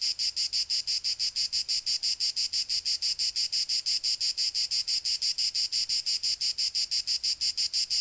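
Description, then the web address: Cicada song: a steady train of harsh, high buzzy pulses, rapid and even throughout, with no other sounds. "Khaganat-games khanat-sounds-sources stock sound library animals cicadas euroblues cicada-2-euroblues"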